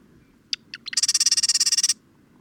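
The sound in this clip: Bird song: three quick separate notes lead into an even, fast trill of high buzzy notes lasting about a second.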